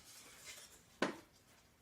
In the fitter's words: and then the top just snaps in place and